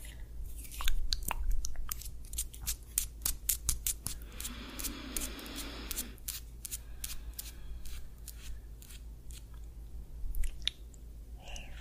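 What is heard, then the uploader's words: A scalp massage made of quick, crisp scratching and rubbing sounds, sharp taps coming in irregular clusters throughout. Around the fourth to sixth second a softer, continuous brushing rustle takes over before the tapping resumes. A steady low hum runs underneath. ASMR Scalp Massage of Your Dreams.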